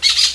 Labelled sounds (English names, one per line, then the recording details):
Brown-throated Parakeet contact call
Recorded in Venezuela
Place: Guárico; Corozopando; Fundo La Fe
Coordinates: 8.506, -67.593